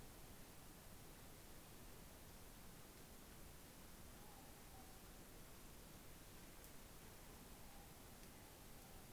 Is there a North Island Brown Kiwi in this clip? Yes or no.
no